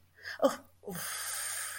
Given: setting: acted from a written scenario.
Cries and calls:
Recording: vocal sound without words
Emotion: relief

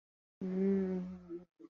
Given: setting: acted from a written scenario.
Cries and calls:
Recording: vocal sound without words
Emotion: contempt

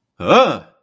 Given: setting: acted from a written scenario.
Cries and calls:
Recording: vocal sound without words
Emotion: negative surprise

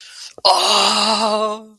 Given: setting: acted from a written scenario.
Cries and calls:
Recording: vocal sound without words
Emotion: triumph

